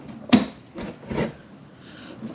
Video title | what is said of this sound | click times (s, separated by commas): NoviStretch Install on a Challenger | like that pops right in | 0.3 s